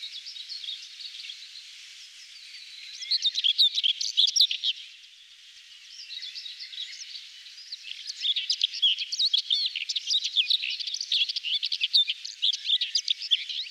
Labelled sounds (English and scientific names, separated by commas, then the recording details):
Common Whitethroat (Sylvia communis) song
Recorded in the wild
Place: Braslawskiye, BY
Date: 2005-05-18
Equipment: Minidisc Sony MZ-R35, Telinga DAT, Telinga-Parabolspiegel
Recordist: Schwarz, Dieter
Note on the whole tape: Song